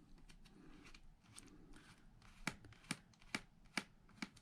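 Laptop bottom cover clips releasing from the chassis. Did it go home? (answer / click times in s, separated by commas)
released / 2.5 s, 2.9 s, 3.4 s, 3.8 s, 4.2 s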